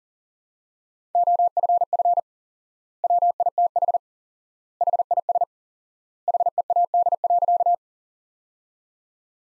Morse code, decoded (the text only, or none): OFF WITH HIS HEAD.